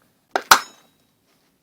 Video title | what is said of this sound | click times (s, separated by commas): moe joe cell assembly instructions | we got a nice snap there | 0.4 s, 0.5 s